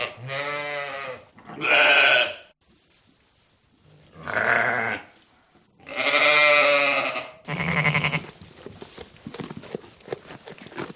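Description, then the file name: Sheep bleating repeatedly, five drawn-out quavering nasal bleats with rich harmonics, some separated by pauses, the last trailing off into rough, broken sounds. "audio hero Sheep"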